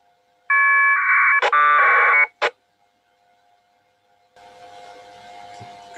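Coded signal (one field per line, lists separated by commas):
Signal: packet radio (AX.25, as in APRS)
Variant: 1200 baud AFSK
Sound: two short harsh warbling data bursts with clicks, then radio hiss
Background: radio static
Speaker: go ahead with your beacon please ascending beacon now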